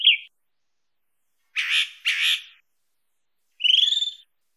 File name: sabia do campo